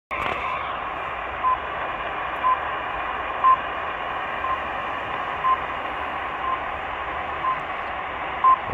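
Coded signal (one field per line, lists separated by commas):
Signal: radio time signal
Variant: RWM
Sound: short high pips, one each second, over steady shortwave hiss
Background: radio static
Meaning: Each pip marks the start of a second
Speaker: rwm time signal from moscow russia 9996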